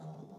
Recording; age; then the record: pig call; piglet (1 to 25 days)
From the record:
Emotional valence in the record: negative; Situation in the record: long isolation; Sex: female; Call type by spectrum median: low-frequency call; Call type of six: low-frequency stable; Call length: 0.39 s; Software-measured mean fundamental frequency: 74 Hz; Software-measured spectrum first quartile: 163 Hz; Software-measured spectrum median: 274 Hz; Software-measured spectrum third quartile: 642 Hz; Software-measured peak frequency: 171 Hz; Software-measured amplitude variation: 134 dB a second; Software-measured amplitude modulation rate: 20.5 a second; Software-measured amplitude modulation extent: 6.5 dB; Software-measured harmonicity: 3.2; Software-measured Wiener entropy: 0.04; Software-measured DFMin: 1179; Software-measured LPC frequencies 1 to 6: 681, 3713, 4929, 5781, 6201, 7167 Hz